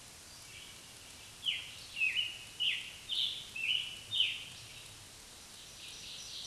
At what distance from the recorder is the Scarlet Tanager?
about 35 m